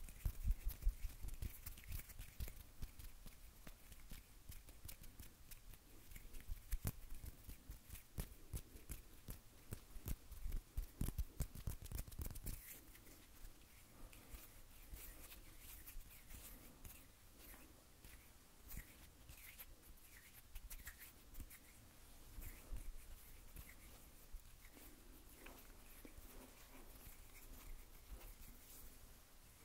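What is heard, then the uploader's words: Hands rub, tap and click in a busy, irregular stream of crisp little noises. For the first twelve seconds the handling is louder and denser, with sharp snaps and thumps; after that it settles into a softer, steadier rustle broken by occasional light ticks. Hand Sounds.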